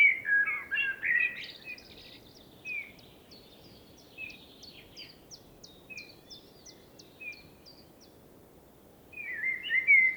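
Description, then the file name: Common blackbird song: a warbled fluty phrase opens, followed by a long series of quick high ticks and scattered soft notes, then another rich phrase at the end. "Turdus merula"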